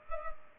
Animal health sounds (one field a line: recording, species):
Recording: mosquito wingbeat signal from an infrared sensor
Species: Culex pipiens